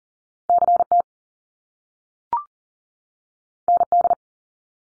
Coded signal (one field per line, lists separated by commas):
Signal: Morse code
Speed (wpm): 41 wpm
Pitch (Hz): 700 Hz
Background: none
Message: CT ND